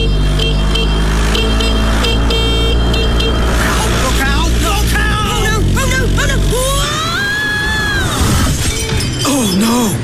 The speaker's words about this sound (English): What's happened? Is she okay? She's fallen off her moped. Can someone call an ambulance? Can someone call an ambulance? There's been an accident.